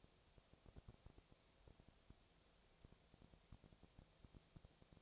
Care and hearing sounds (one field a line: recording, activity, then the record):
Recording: daily activity, microphone in the room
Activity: no activity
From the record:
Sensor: 1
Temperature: 19.8 degrees Celsius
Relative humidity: 37.9%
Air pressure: 998.8 hPa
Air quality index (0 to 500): 233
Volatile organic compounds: 134 ppm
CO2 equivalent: 3949 ppm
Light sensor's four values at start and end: 1/2/1/1 and 1/2/1/1